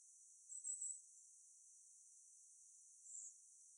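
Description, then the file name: Firecrest call: a short rapid run of very high, thin notes, followed later by a single fainter high note. Calls recorded in Hockley Woods on 11 January 2021. "firecrest calls good hockley woods"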